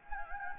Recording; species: mosquito wingbeat signal from an infrared sensor; Anopheles gambiae